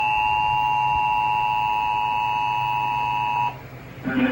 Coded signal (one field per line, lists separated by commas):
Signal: Emergency Alert System (SAME) tones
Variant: 853 and 960 Hz attention tone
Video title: EAS Severe thunderstorm warning September 8th 2023